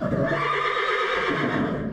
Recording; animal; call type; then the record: contact call of a hoofed animal; horse; whinny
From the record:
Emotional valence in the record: positive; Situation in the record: reunion with the whole group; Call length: 1.93 s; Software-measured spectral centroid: 1580 Hz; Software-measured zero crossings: 2170 a second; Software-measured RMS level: -24 dBFS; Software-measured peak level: -11 dBFS